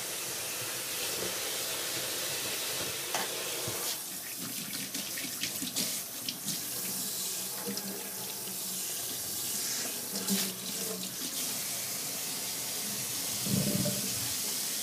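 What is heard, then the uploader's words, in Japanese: Cooking ahead for bento lunches: a tap runs steadily at the sink the whole time, a constant rushing hiss. Scattered clinks and knocks of dishes or utensils break through around 3, 4, 6 and 10 seconds, with a louder clatter near 13 seconds. 環境音 弁当用につくりおき。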